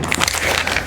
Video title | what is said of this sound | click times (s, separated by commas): How To Mount A Fish Finder On A Kayak - Garmin Echomap 94SV Hobie Pro Angler 360 | and then it just snaps right into the mounts and then when you're done you | 0.1 s